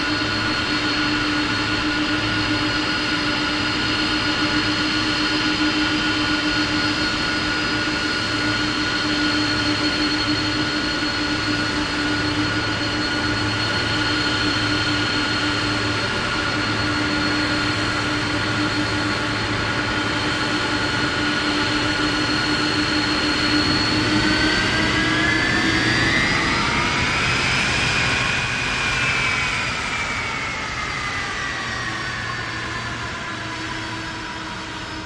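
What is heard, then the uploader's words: A large jet airliner's engines hold a steady, loud whine with a low rumble underneath for most of the recording. Around 25 seconds the engine tones rise and then fall in pitch, and the roar eases slightly toward the end. Boeing 747 DreamLifter landing, taxi. This one landed and taxied by at an airport. SD702 Mid: MKH8060 Side: MKH30.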